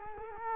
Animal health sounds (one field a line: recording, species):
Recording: mosquito wingbeat signal from an infrared sensor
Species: Culex quinquefasciatus